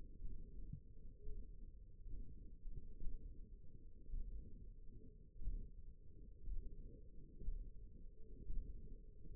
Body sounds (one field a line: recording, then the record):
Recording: forearm muscle sounds (acoustic myography)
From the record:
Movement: hand opening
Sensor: system 1, eight BSWA MPA416 microphones around the upper forearm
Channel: 2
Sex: female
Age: 21 years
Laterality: right